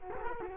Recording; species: mosquito wingbeat signal from an infrared sensor; Culex quinquefasciatus